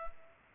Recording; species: mosquito wingbeat signal from an infrared sensor; Culex pipiens